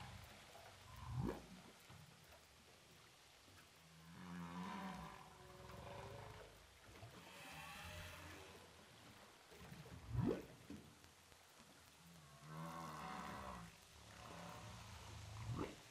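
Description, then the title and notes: Humpback whale song: a few sharp rising upsweeps alternating with wavering harmonic moans and groans, over constant underwater hiss. Humpback whales recorded with a DPA hydrophone offshore from Saint-Paul, Réunion Island. "Whales sound by hydrophophone DPA saint paul, ile de la reunion. Baleines à bosse enregistrées à l'hydrophone DPA au large de saint Paul de la réunion"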